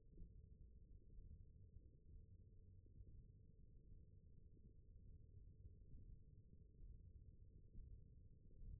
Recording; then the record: forearm muscle sounds (acoustic myography)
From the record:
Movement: tripod grip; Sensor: system 1, eight BSWA MPA416 microphones around the upper forearm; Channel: 1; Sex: male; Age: 21 years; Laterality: right